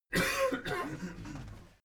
Male cough.